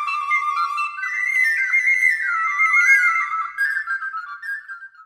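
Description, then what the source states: Mosquito flight hum, a high wavering tone with rich buzzy overtones that steps up, holds, then drifts back down, with a second tone joining in. Courtship sound of mosquitoes.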